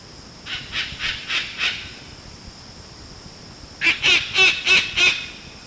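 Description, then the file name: White cockatoo with two bursts of rasping, repeated calls: a softer run of five notes, a pause, then five louder, sharper ones, with a thin steady hum behind. "Cacatuaalba"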